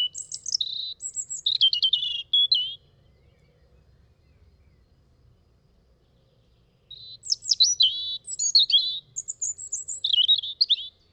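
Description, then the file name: European robin song, two long phrases of liquid, high-pitched trills and twittering whistles separated by a pause of about four seconds, clear and quiet background. "rouge gorge"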